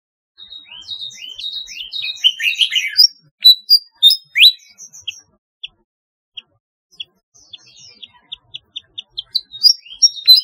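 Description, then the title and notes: Flycatcher song with a dense burst of varied chirps and sweeping whistles, followed by sparse single high notes quickening into a fresh twittering phrase. "Kicau Burung Sikatan"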